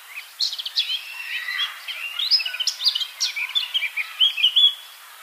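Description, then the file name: Eurasian blackcap singing a continuous, busy warble of quick, varied notes that grows into louder, clear fluting phrases toward the end. "Sylvia atricapilla"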